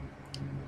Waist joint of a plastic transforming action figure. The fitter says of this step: because it really just Springs back into place with that nice satisfying click um